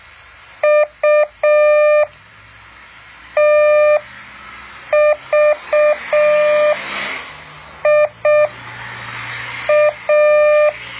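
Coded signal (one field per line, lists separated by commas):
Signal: Morse code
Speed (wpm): 6 wpm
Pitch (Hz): 600 Hz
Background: none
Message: UTVIA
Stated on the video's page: Morse code practice exercise.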